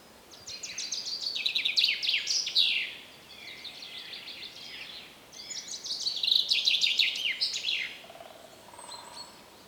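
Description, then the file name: Common chaffinch song: two loud trilled phrases sliding downward into a terminal flourish, about five seconds apart, with a faint lower note near the end. "Fringilla coelebs"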